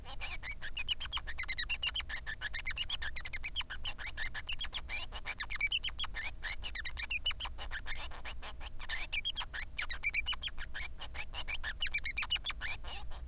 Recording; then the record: song of a male Bengalese finch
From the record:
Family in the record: son of father 3